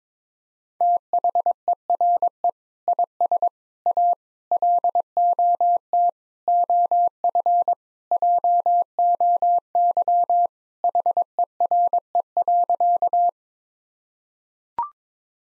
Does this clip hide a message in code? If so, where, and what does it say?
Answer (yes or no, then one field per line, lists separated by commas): yes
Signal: Morse code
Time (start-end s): 0.8-13.3 s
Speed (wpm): 22 wpm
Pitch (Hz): 700 Hz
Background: none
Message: THERE IS A LOT OF JOY HERE.